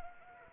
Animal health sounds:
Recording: mosquito wingbeat signal from an infrared sensor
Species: Anopheles arabiensis

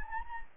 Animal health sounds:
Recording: mosquito wingbeat signal from an infrared sensor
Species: Anopheles gambiae

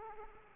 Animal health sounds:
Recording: mosquito wingbeat signal from an infrared sensor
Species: Aedes aegypti

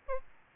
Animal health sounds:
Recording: mosquito wingbeat signal from an infrared sensor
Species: Aedes albopictus

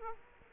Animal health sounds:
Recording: mosquito wingbeat signal from an infrared sensor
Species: Aedes aegypti

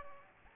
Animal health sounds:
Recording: mosquito wingbeat signal from an infrared sensor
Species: Aedes aegypti

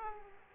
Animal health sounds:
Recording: mosquito wingbeat signal from an infrared sensor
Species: Aedes aegypti

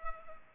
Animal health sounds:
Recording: mosquito wingbeat signal from an infrared sensor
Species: Culex pipiens

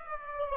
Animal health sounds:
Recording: mosquito wingbeat signal from an infrared sensor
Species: Aedes aegypti

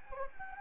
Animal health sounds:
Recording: mosquito wingbeat signal from an infrared sensor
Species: Anopheles gambiae

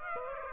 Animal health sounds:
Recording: mosquito wingbeat signal from an infrared sensor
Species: Aedes aegypti

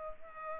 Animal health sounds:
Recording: mosquito wingbeat signal from an infrared sensor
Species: Culex pipiens

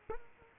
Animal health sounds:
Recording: mosquito wingbeat signal from an infrared sensor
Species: Culex quinquefasciatus

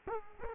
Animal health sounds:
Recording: mosquito wingbeat signal from an infrared sensor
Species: Culex quinquefasciatus

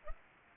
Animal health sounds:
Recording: mosquito wingbeat signal from an infrared sensor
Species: Aedes aegypti

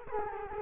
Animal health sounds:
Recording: mosquito wingbeat signal from an infrared sensor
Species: Culex quinquefasciatus

